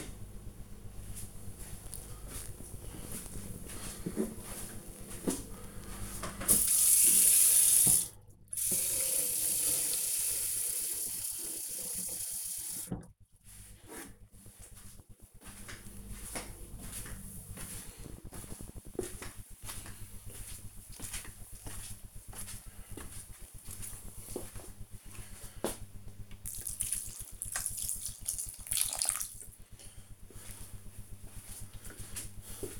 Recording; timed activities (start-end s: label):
household activities, microphone on the right wrist
1.07-32.80 s: watering plant